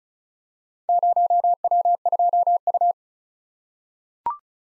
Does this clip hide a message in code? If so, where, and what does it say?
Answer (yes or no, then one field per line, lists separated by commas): yes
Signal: Morse code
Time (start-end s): 0.9-2.9 s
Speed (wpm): 36 wpm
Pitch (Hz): 700 Hz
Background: none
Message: 0W2U